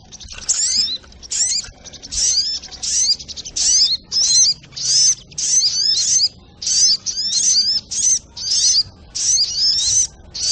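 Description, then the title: Little spiderhunter song: a run of many short, high chattering bursts with slurred squeaks. Masteran (Indonesian songbird training recording), labelled with the variant name Labaik. "Masteran Burung Sogok Ontong Labaik"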